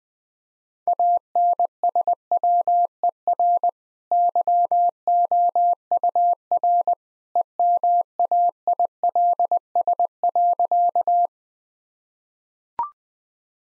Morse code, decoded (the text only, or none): ANSWER YOUR EMAILS.